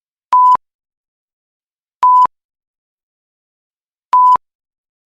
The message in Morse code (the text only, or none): none